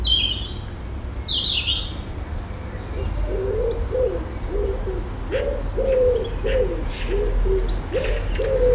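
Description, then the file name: Pigeon cooing, a run of low soft coos repeated steadily through the second half, with higher calls at the start and a steady low traffic rumble. Urban suburban street ambience with pigeons and distant light traffic. "ambience urban suburban street birds pigeons seaguls light traffic distant"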